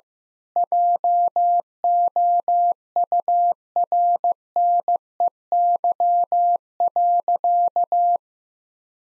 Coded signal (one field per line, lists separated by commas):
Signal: Morse code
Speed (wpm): 16 wpm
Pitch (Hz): 700 Hz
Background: none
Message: JOURNEY.